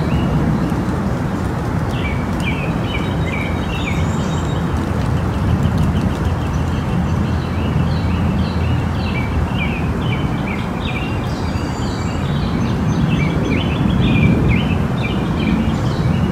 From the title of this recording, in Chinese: 鸟鸣 风声